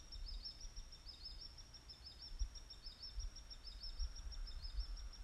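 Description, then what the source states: Bird calling with a steady run of thin, high chirps over a constant low rumble. Sent in with a question in 2020.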